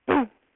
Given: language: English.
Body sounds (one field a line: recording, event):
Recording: throat vibration sensor signal played as sound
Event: throat clearing